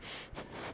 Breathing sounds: one breath in and out by a microphone near the nose and mouth; strong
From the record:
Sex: male

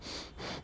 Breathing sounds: one breath in and out by a microphone near the nose and mouth; strong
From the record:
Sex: male

